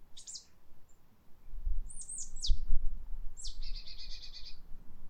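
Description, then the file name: Marsh tit calling: sharp, high, downslurred notes, then a rapid buzzy series of repeated harsh notes, with a low thump in the middle. "Poecile palustris"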